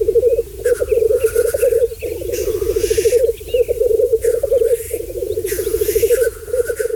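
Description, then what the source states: Black grouse display, a low bubbling cooing roll, broken by several hissing sneezes. Famous exuberant mating dance; critically endangered in the Netherlands, now found only on the Sallandse Heuvelrug in Overijssel; habitat deteriorated; sound heard less and less.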